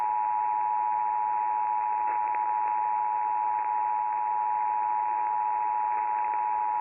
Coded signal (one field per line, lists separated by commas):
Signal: Emergency Alert System (SAME) tones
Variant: 853 and 960 Hz attention tone